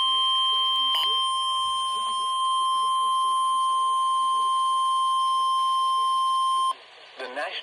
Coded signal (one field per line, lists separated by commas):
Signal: Emergency Alert System (SAME) tones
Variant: 1050 Hz attention tone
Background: speech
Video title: Severe T’Storm Warning (EAS #639) 3/23/25